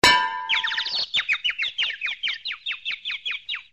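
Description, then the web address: Bird giving a rapid, steady run of sharp descending chirps after a metallic clang at the start, continuing to the end. "bages. ocell"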